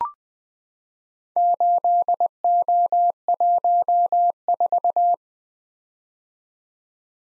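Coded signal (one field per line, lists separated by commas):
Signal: Morse code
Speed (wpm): 20 wpm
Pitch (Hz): 700 Hz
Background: none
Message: 8O14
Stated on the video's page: Morse practice at 20 wpm: random four-character letter-number groups for head-copy, each sent, spoken, then sent again.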